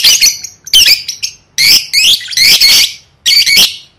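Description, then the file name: Lovebird making several harsh, high screeches in quick succession, in short bursts with brief gaps. "tieng vet mau don"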